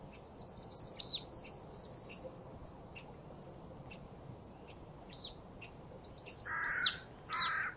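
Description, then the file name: Marsh tit calls: two quick, high chattering series of descending notes, the second with two harsh, nasal buzzy notes near the end. "Poecile palustris"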